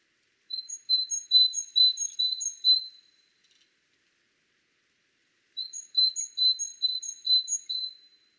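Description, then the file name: Great tit singing high, sharp paired notes in a quick, even string, given twice with a pause of roughly three seconds. No other sounds. "Parus major"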